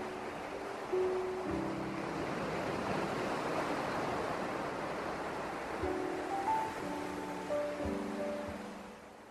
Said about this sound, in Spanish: Acantilados del mar, por Audrock.